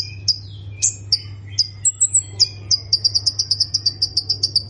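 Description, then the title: Plain prinia starting with separate sharp chirps and a thin high trill, then building into a fast, regular series of buzzy notes, with a low hum. "Ciblek Sawah"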